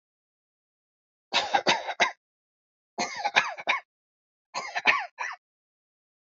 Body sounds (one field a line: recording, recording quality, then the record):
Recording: shallow voluntary cough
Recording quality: excellent, no background noise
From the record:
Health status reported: healthy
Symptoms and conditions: none ticked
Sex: male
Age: 44 years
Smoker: not ticked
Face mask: not worn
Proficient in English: yes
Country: India